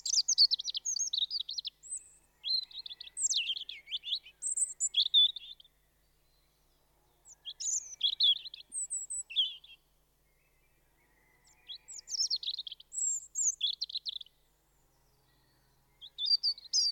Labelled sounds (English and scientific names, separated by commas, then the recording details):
European Robin (Erithacus rubecula) song
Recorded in the wild
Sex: male
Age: adult
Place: Kaiserslautern, Rheinland-Pfalz, DE
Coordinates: 49.4372, 7.80972
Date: 1978-04-01
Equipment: Nagra IV, Sennheiser MKH 405, Parabolreflektor
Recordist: Tretzel, Erwin